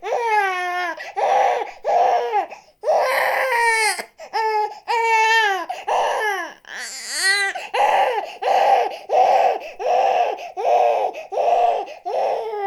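A newborn cries in short, repeated bursts, roughly 80 a minute, with a high, clear wailing pitch. Early cries rise and fall in pitch before settling into a steady, rhythmic pattern of cry and quick breath. The setting sounds like a small room.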